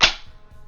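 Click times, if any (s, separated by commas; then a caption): 0.0 s. A plastic tube is lined up to the small hook on the handle of a WORX TriVac 3-in-1 (WG509) leaf blower unit and pressed in. A sharp snap is heard at 0.0 s, with a brief bright burst that fades quickly into low-level background. The tube is seated on the handle hook.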